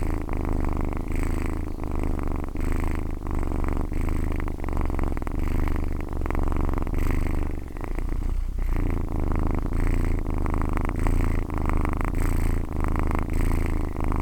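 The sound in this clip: Cat purring continuously, a deep vibrating rumble in regular cycles, briefly dipping near the middle.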